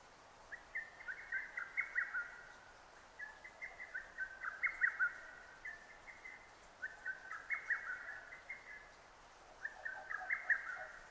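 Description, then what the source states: Lesser cuckoo song, a staccato run of shrill whistled notes repeated about every three seconds, four phrases in all over a light hiss. Recorded 6 June 2009.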